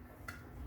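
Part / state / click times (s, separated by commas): lid on a vacuum-sealed half-gallon glass jar / released / 0.3 s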